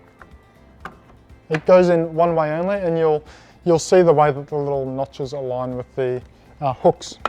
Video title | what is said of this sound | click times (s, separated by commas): Air Gap Cleaning and Maintenance | and then we're going to pop that back in place | 0.9 s